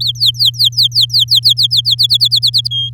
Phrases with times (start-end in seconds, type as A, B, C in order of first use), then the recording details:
0.00-1.95 A, 1.98-2.69 B, 2.71-2.90 C. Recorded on 10 May 2018 at 06:23. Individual llb16